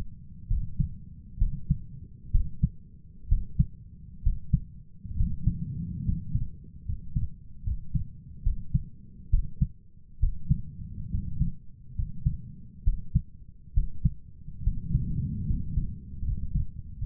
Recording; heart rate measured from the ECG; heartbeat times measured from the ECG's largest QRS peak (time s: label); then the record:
heart sounds by stethoscope; 69 bpm
0.47 s: heartbeat
1.38 s: heartbeat
2.31 s: heartbeat
3.28 s: heartbeat
4.22 s: heartbeat
5.16 s: heartbeat
6.04 s: heartbeat
6.85 s: heartbeat
7.63 s: heartbeat
8.42 s: heartbeat
9.29 s: heartbeat
10.19 s: heartbeat
11.10 s: heartbeat
11.95 s: heartbeat
12.83 s: heartbeat
13.73 s: heartbeat
14.63 s: heartbeat
15.46 s: heartbeat
16.23 s: heartbeat
16.97 s: heartbeat
From the record:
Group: healthy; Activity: rest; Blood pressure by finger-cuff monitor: 97/64 mmHg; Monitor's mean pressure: 73 mmHg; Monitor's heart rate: 67 bpm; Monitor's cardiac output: 6.1 L/min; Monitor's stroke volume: 90 mL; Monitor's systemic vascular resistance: 840 dyn s/cm5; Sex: male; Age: 23 years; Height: 178 cm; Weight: 96.6 kg